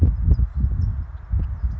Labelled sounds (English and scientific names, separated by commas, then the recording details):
California Towhee (Melozone crissalis)
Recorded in Sonoma County, California